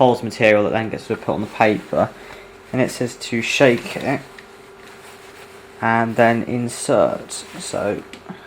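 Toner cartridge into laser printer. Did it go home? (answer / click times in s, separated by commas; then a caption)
no / none. Someone talks while handling a toner cartridge for a Samsung M2026W mono laser printer, getting ready to shake it and insert it, with a faint steady hum in the pauses. Nothing has seated or clicked yet.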